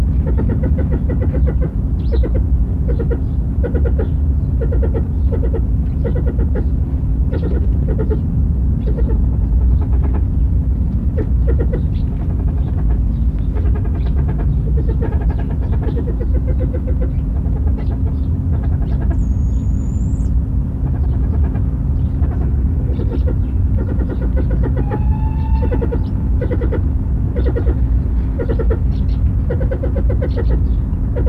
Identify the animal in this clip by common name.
Mrs. Hume's Pheasant